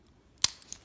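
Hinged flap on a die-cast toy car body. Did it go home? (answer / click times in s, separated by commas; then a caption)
yes / 0.4 s. A hinged flap on the body of a die-cast Hot Wheels toy car, the Wiener Schnitzel Dog, is closed and clamps down with a sharp, bright click at 0.4 s. It is followed by a few faint small ticks, and the flap locks into place.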